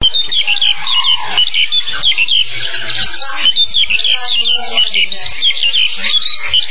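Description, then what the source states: Birds chattering and chirping nonstop, many high twittering notes overlapping throughout. Recorded in Surabaya on 27 August 2008.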